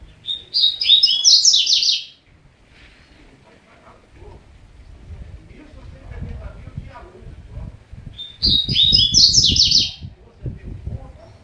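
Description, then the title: Double-collared seedeater song, two rapid high twittering phrases well apart, with low rumbling noise between them. "Canto Coleiro"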